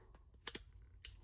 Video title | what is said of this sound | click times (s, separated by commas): More Amazing Donations From a UK Lighting Collector! | Yep. Oh, and you can kind of hear it click itself into place there. | 1.0 s